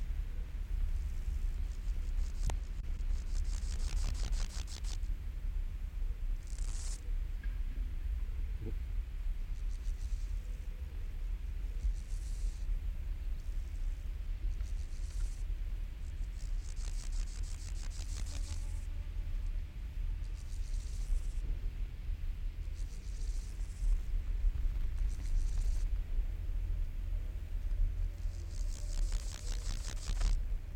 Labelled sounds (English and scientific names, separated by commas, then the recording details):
Water-meadow Grasshopper (Chorthippus montanus) stridulation
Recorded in the wild
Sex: male
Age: imago
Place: Schildow, NSG, Kalktuffgelände am Tegeler Fließ (NSG Schildow), Berlin, DE
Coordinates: 52.642, 13.368
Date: 1993-08-14
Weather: sonnig, 24-28°C
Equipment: Marantz CP 430, Sennheiser ME 80, Kopie Uher Variocord 263
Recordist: Tembrock, Günter